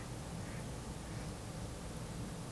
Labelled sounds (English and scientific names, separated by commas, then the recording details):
Mallard (Anas platyrhynchos)
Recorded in Germany
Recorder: ecoPi